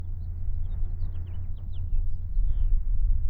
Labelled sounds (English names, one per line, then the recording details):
House Finch song
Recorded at Breezy Point on Long Island, New York, on 4 June 1975
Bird B